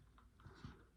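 A smart lock component is being handled and pushed toward its place in the lock housing on the door, with soft scraping and a couple of low, muffled knocks near 0.5 and 0.6 seconds. Nothing has seated or clicked yet.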